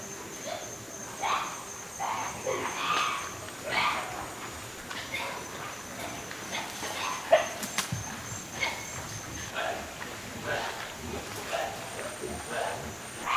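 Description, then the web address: White-lipped peccary giving rough grunting calls in irregular bursts, with a few sharp clicks and a continuous high insect hum behind. South American rainforest. "Natures Songs S America Mammals of the Rainforest White-lipped peccary"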